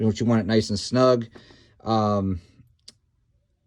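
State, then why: Seated. Someone talks, then the replacement water valve, with its hose clamp snugged on the plastic fitting, is slid back into its mount on a Dometic camper toilet. Its tabs snap into place with two quick clicks at 2.8 s and 2.9 s, and the valve is seated.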